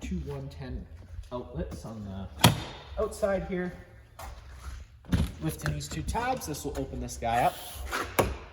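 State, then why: Seated. Someone talks while lifting two tabs to open an exterior compartment panel in the trailer sidewall of a 2025 Surveyor 260BHLE. A sharp tap is heard at 8.2 s as the panel locks open into place.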